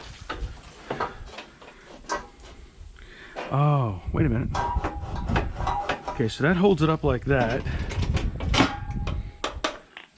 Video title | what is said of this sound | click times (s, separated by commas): Coleman X Cursion outdoor grille. Let's make some burgers! | but it won't latch so | none